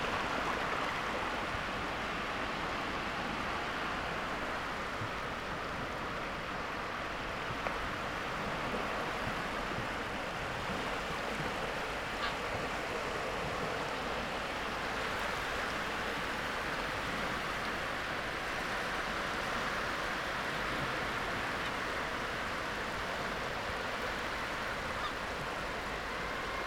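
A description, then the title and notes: Waves wash steadily over a wide, open beach, blending into a continuous rushing hiss with no clear breaks or crashes. The sound stays dense and even for the whole stretch, with a low rumble underneath, a brighter seething wash on top, and only faint, brief ticks. Waves of the intertidal zone. This wide open beach, is white noise solitude. This sound photograph of Tenby beach is first try of something new for Lento. We recorded it dynamically, as we walked, in one unbroken 30 minute take.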